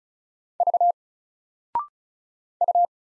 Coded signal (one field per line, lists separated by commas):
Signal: Morse code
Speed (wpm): 36 wpm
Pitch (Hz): 700 Hz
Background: none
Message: V U